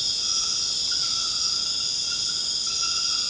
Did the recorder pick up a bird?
no